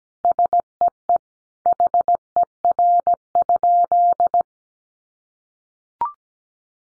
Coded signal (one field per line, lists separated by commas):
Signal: Morse code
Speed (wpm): 17 wpm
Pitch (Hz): 700 Hz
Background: none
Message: SEE HER?